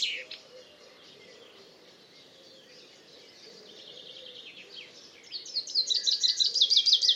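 Common chaffinch song, a fast rattling run of high notes rising in loudness near the end, after a stretch of faint mixed bird calls over a low hum.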